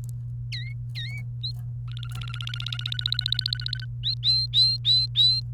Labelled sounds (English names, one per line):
Domestic Canary song